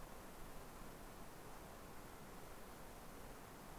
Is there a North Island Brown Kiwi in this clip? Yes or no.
no